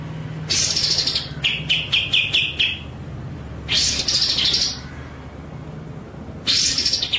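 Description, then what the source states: White-rumped shama song: bright loud bursts alternating with a stuttering run of quick repeated notes, with quiet gaps between phrases. Masteran (training) track of song, described as full ngerol nembak.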